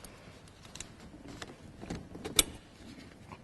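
After replacing the glow plugs on a Renault Clio 3 dCi, a plastic retaining clip is refitted onto an engine connector or pipe. Faint handling clicks and rustling lead up to one sharp snap at 2.4 s as the clip seats back on.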